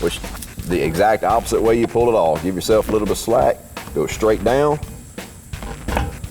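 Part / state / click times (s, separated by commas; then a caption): comb riser into rifle stock cheek piece / seated / 6.0 s. A taller comb riser is fitted into the cheek piece of a rifle stock, pushed straight down and then straight forward while someone talks. A single sharp snap at 5.97 s is heard as it seats in place.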